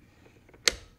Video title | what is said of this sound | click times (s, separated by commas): ecoreco L5 Plus Scooter Unboxing and Review | up and you can see this little pin is going to get locked to this little notch over here like | 0.7 s